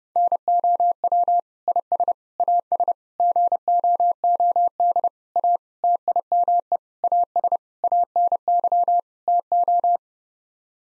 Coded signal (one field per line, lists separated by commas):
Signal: Morse code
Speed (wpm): 30 wpm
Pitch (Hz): 700 Hz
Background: none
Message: NOW IS AS GOOD A TIME AS ANY TO